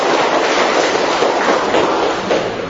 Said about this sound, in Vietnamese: Rồi chúng ta cộng đoàn mình hân hoan chào đón những anh chị một tràng pháo tay thật lớn.